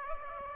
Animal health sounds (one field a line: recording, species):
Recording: mosquito wingbeat signal from an infrared sensor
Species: Aedes aegypti